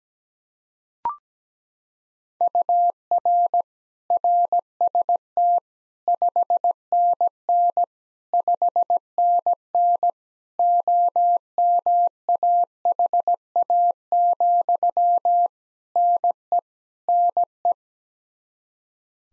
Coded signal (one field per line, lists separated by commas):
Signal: Morse code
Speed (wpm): 17 wpm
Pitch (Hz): 700 Hz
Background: none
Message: UR RST 5NN 5NN OMAHA, NE NE